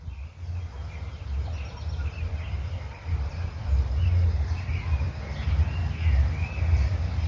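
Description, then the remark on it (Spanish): Faint bird songs from two birds about 50 metres apart, answering each other in spring, come in short, high, chirping phrases that trade back and forth over a steady low rumble of outdoor noise. No one speaks. “Vemos cómo uno le canta y el otro le contesta.”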